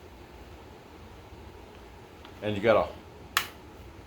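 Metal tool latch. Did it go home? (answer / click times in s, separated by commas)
released / 3.4 s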